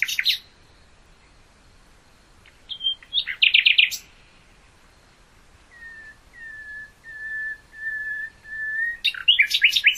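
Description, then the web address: Common nightingale singing a quick churring phrase, then a slow series of pure whistled notes on one pitch that build and break into a fast, high flourish. "hoeren nachtigall"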